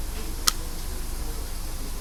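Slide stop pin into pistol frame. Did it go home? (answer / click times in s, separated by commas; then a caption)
yes / 0.5 s. With the slide locked back, the steel slide stop pin is inserted into a Browning Hi-Power pistol frame and pressed down. It springs down into its locking position with a single loud, sharp click at 0.5 s over a low, steady background hum, and the pin is seated and locked.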